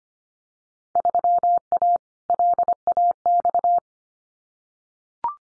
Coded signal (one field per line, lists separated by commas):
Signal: Morse code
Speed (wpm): 25 wpm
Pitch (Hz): 700 Hz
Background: none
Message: 3A LAX